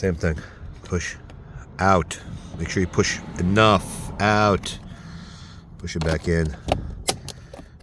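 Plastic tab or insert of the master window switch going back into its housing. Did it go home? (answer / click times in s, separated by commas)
yes / 7.1 s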